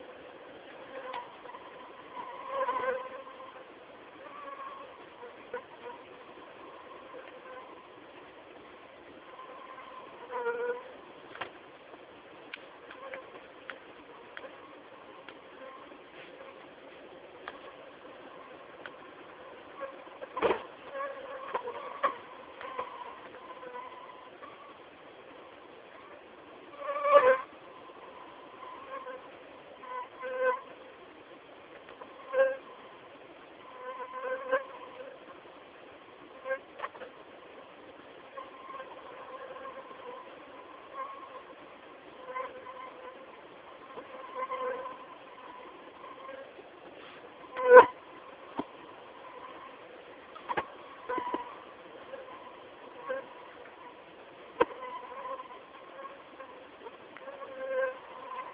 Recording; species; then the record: mosquito flight sound by mobile phone; Anopheles merus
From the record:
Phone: not stated